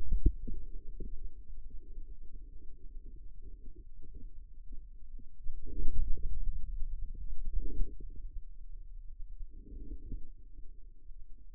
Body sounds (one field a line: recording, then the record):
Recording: forearm muscle sounds (acoustic myography)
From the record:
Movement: inward rotation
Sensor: system 2, bracelet of six BSWA MPA416 microphones around the upper forearm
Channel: 6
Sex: male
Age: 22 years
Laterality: right